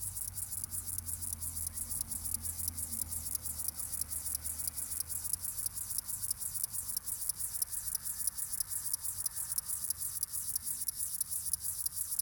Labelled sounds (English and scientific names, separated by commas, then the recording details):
Upland Field Grasshopper (Chorthippus apricarius) stridulation
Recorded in the wild
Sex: male
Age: adult
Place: Bernau bei Berlin, Barnim, Brandenburg, DE
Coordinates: 52.6615, 13.6402
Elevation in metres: 90
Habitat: orchard meadow
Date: 2023-08-12 17:29
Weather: 25°C, no wind
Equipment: Smartphone Huwai P20 Lite, Batcorder app
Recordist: Frommolt, Karl-Heinz